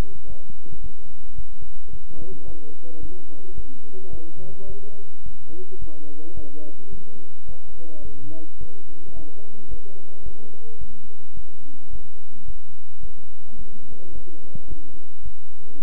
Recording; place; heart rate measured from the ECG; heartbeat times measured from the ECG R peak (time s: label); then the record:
heart sounds by stethoscope; between the tricuspid and mitral areas; 108 bpm
0.27 s: heartbeat
0.81 s: heartbeat
1.36 s: heartbeat
1.91 s: heartbeat
2.46 s: heartbeat
3.00 s: heartbeat
3.55 s: heartbeat
4.11 s: heartbeat
4.67 s: heartbeat
5.24 s: heartbeat
5.79 s: heartbeat
6.35 s: heartbeat
6.90 s: heartbeat
7.46 s: heartbeat
8.02 s: heartbeat
8.58 s: heartbeat
9.14 s: heartbeat
9.69 s: heartbeat
10.23 s: heartbeat
10.79 s: heartbeat
11.35 s: heartbeat
11.90 s: heartbeat
12.45 s: heartbeat
13.01 s: heartbeat
13.56 s: heartbeat
14.13 s: heartbeat
14.68 s: heartbeat
15.23 s: heartbeat
15.79 s: heartbeat
From the record:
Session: bicycle stress test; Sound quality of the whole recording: good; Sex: male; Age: 23 years